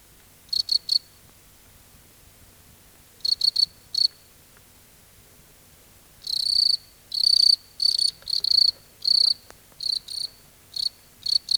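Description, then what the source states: Cricket chirping: short high-pitched pulses in small clusters, sparse at first with long quiet gaps, then denser irregular bursts in the second half. Crickets at night in a field.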